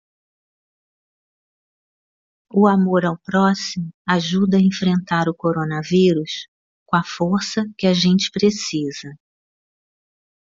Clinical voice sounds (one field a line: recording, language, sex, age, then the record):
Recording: spoken sentence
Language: Brazilian Portuguese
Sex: female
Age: 60 to 69 years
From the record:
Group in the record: control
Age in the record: 60 years